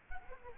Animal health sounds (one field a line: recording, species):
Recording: mosquito wingbeat signal from an infrared sensor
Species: Culex quinquefasciatus